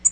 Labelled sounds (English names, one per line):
Tennessee Warbler flight call